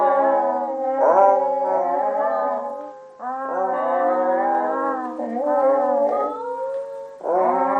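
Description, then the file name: Seal moans with a rough, warbling quality: a long call broken by a brief pause near three seconds, then wavering cries and a final wail at the end. "audio hero Seal"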